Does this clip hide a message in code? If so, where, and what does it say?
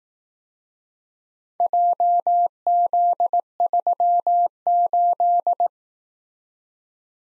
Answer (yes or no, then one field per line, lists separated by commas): yes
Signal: Morse code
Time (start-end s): 1.6-5.7 s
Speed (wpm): 18 wpm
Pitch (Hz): 700 Hz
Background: none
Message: JZ38